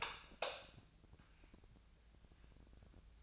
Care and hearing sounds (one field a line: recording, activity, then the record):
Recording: daily activity, microphone in the room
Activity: light on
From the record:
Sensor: 2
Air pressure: 999.9 hPa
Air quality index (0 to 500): 117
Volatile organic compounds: 2 ppm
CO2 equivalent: 1009 ppm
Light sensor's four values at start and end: 30/77/32/37 and 35/95/39/43